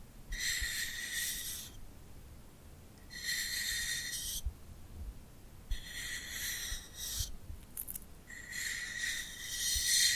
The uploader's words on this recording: ASMR Tingly Glued Hand Sounds for Sleep (No Talking).